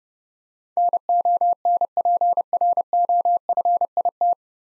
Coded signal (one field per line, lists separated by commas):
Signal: Morse code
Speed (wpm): 30 wpm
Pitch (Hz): 700 Hz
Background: none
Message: NONPROFIT